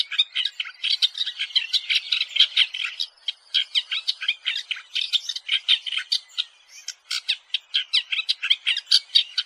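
Masked shrike giving a rapid run of harsh, scratchy chattering notes, with only brief pauses.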